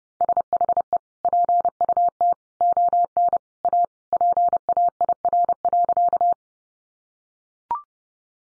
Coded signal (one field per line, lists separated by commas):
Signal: Morse code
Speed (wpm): 30 wpm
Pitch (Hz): 700 Hz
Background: none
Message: SHE PUT ON A PAIR.